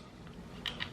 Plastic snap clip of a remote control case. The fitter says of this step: there it's it's already clicking open there i just heard it pop